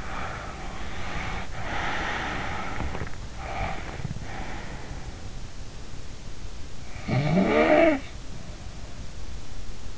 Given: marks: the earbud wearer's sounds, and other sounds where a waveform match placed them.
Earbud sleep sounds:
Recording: sounds in sleep by an in-ear microphone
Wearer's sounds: breath, snoring breath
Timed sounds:
0.00-3.28 s: breath
3.41-4.84 s: breath
7.08-8.12 s: snoring breath

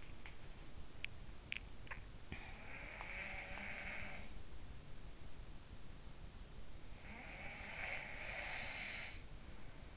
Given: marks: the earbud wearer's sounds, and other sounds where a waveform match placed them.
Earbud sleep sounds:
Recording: sounds in sleep by an in-ear microphone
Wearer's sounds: swallowing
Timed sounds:
0.00-2.67 s: swallowing
2.07-4.27 s: sound from someone else or the room
6.68-9.28 s: sound from someone else or the room

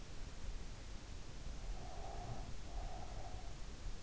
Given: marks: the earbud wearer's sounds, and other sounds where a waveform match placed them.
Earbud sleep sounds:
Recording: sounds in sleep by an in-ear microphone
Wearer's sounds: breath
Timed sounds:
1.66-3.59 s: breath

